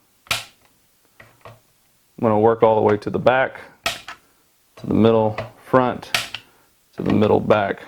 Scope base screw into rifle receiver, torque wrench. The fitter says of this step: then I'm gonna start at the front turn until I hear the click